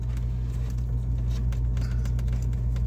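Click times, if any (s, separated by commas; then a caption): none. A water pressure sensor is handled and turned to match the keyed pattern of the RV water line fitting during an IRVWPC2 install on a 2017 20ft Flying Cloud Airstream with a noisy water pump. Only small handling taps are heard around 0.2, 1.5, 1.8, 2.1, 2.2 and 2.8 seconds over a steady low hum. Nothing has snapped into place yet.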